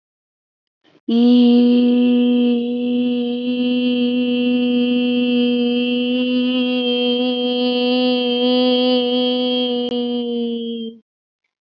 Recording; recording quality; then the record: sustained vowel as in beet; excellent, no background noise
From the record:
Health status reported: COVID-19 positive, no symptoms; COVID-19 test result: positive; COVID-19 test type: RT-PCR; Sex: female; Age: 25 years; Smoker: no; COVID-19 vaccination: both doses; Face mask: not worn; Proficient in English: yes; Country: India